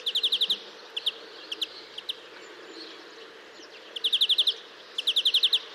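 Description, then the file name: European greenfinch, a quick trill of about six notes, scattered single chips, then two more fast trills at the end. "Chloris chloris"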